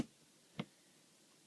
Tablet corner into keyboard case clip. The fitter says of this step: the top you just go till it clicks